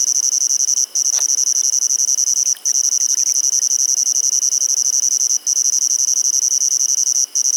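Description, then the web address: Insect trilling, a sustained high rapid pulsing note with four brief breaks. "Insect Set 459"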